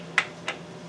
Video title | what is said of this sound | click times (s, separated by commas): 2007 Chevy 5 3 rebuild pt.7 | Yeah, I think you can hear the click, possibly. | 0.2 s